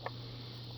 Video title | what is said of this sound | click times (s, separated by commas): How To Open 5 Peg Style 8 Tracks (Non Ampex / Polydor / 80s RCA club) | You hear the pop, separates it. | 0.1 s